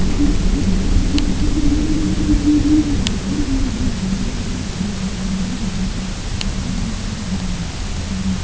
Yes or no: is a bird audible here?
no